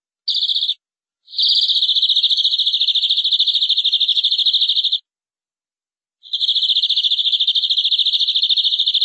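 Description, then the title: Canary song: rapid rolling trills at a steady pitch, in three runs separated by pauses. "BM Suara Kenari"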